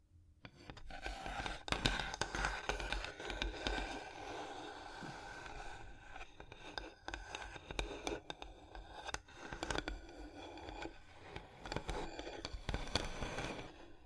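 Fingers tap, scratch and trace across a surface in a busy, uneven stream of small sounds. Dense rough scraping fills the first six seconds, then sharper tapping clicks arrive irregularly, several per second, with brief gaps between bursts and a steady faint hiss underneath.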